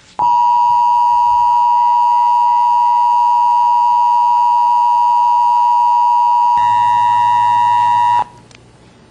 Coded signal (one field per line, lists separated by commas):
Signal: Emergency Alert System (SAME) tones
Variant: 853 and 960 Hz attention tone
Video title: FEMA / White House live demonstration of Digital Emergency Alert System (DEAS)